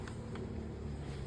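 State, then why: Seated. The folded frame of a compact Quinny Yezz stroller is pushed until its central fold lock engages, giving two faint clicks at 0.1 s and 0.4 s over a steady low background rumble. The fold lock latches and the stroller is locked.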